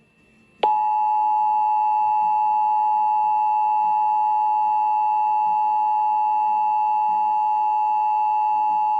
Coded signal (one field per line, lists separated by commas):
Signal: Emergency Alert System (SAME) tones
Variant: 853 and 960 Hz attention tone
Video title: [EAS #23] Orange County required monthly test 11-17-2022